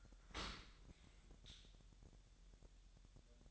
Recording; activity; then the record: daily activity, microphone in the room; open dishwasher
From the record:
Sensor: 3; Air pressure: 1000.4 hPa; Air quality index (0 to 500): 248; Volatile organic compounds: 174 ppm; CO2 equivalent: 4119 ppm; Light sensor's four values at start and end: 10/24/10/10 and 10/24/10/10